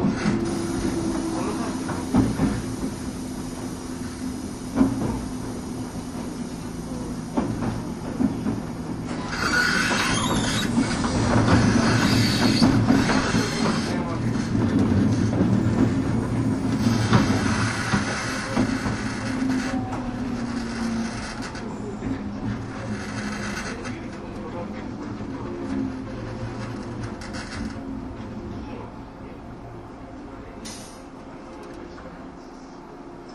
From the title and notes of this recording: 103系 播但線普通 01/01:姫路～寺前. The train running sound on the Bantan Line.